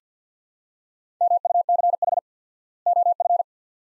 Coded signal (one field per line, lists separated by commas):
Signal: Morse code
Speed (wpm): 50 wpm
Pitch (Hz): 700 Hz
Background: none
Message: MUCH OF